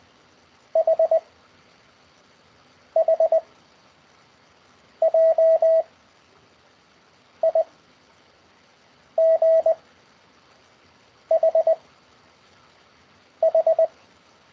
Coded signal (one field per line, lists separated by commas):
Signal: Morse code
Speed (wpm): 19 wpm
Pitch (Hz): 660 Hz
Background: none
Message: H H J I G H H